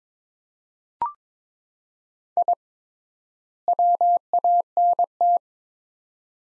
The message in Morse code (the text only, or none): I WANT